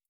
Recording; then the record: hydrophone in a shrimp aquaculture tank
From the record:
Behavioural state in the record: stressed